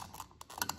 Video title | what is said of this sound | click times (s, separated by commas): Did You Know This About Your Toyota Tacoma | screw it down make sure it clicks a few times | 0.4 s, 0.6 s, 0.7 s